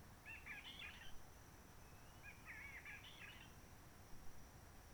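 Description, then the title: Réunion bulbul giving two rapid, jumbled warbled phrases a little over a second apart, with a low rumbling background. Roche Merveilleuse, Réunion; forest quiet since the 19 March 2020 lockdown, no people, microlights or helicopters; sunny blue sky; birds not very active; sings simpler short phrases, adapted to noise pollution. "Roche Merveilleuse, Réunion - Merle de lîle de la Réunion."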